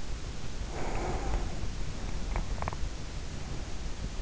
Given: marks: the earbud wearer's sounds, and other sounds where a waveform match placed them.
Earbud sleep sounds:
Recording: sounds in sleep by an in-ear microphone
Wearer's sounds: breath, teeth grinding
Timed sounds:
0.36-1.98 s: breath
1.98-3.28 s: teeth grinding

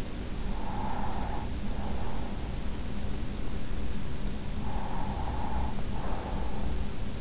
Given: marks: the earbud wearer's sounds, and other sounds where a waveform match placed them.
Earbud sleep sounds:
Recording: sounds in sleep by an in-ear microphone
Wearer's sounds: breath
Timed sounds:
0.41-2.73 s: breath
4.59-7.21 s: breath

